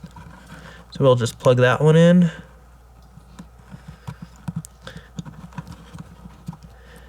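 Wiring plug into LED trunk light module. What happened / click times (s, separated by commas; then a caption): Handled, not yet home: the light connector has not snapped in / none. A wiring plug is being handled against the connector of a replacement Abstract Ocean LED trunk light module for a Tesla while someone talks briefly at the start. After the talking, a series of light, sharp plastic ticks and taps follows from about 4.5 to 5.6 seconds. Nothing has seated or clicked yet.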